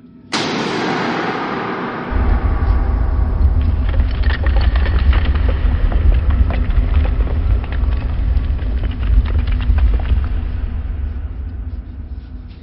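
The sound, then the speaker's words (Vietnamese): In a dense forest, a sudden, violent crash bursts out and decays, then gives way to a deep, sustained rumbling roar laced with crackling debris that continues steadily to the end, like thunder or the ground collapsing. “Đang định kêu người lần nữa, bông nghè trong khu rừng rậm vang lên tiếng ầm ầm tựa sét đánh ngang tai, trời lòng đất lở.”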